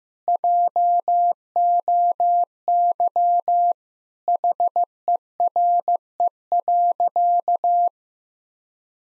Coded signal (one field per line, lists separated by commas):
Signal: Morse code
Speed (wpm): 15 wpm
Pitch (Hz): 700 Hz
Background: none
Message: JOY HERE.